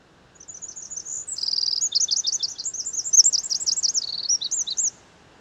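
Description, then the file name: Eurasian wren song: thin high notes building into a quick rattle, then a loud run of rapid warbling phrases for about three seconds before a sudden stop. "Troglodytes troglodytes"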